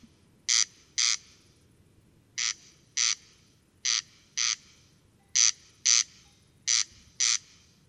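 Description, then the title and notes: Corn crake giving loud grating double notes, five pairs in succession separated by short gaps. Single singing bird near a peat bog at Col Bayard, Hautes-Alpes, 12 July 2018, evening; sang continuously from 23:00 until dawn; recorded with Nagra Seven and Telinga Pro7. "Observation sonore - Le Râle des genêts. 12 juillet 2018-Col Bayard - Hautes Alpes. Râle des genêts ( Crex crex)"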